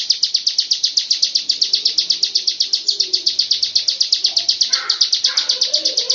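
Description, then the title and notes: Bird giving a fast, steady run of high chirps, with a few lower notes near the end. "Bird Sound. Kicau Burung Lengkap"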